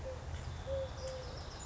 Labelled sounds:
Eurasian Collared Dove (Streptopelia decaocto)
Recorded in Sonoma County, California

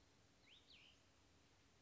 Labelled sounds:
Cassin's Vireo (Vireo cassinii)
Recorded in Sonoma County, California

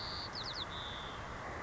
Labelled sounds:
White-crowned Sparrow (Zonotrichia leucophrys)
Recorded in Sonoma County, California

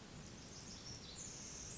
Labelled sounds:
Pacific Wren (Troglodytes pacificus)
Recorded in Sonoma County, California

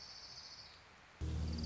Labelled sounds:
Orange-crowned Warbler (Leiothlypis celata)
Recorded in Sonoma County, California

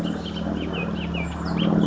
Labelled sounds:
Bullock's Oriole (Icterus bullockii)
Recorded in Sonoma County, California

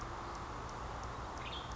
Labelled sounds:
Western Tanager (Piranga ludoviciana)
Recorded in Sonoma County, California

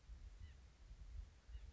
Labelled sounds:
White-breasted Nuthatch (Sitta carolinensis)
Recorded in Sonoma County, California

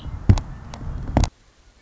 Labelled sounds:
Red-winged Blackbird (Agelaius phoeniceus)
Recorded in Sonoma County, California

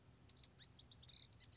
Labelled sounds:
Lazuli Bunting (Passerina amoena)
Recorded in Sonoma County, California

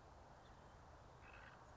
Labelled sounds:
House Finch (Haemorhous mexicanus)
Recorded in Sonoma County, California

